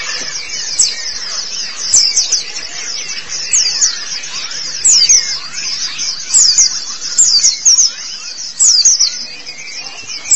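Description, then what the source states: White-eye song, high twittering bursts repeated irregularly, loud and tumbling, with faint lower chirps between. Pleci (white-eye) chirping song.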